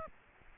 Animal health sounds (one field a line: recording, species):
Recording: mosquito wingbeat signal from an infrared sensor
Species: Aedes aegypti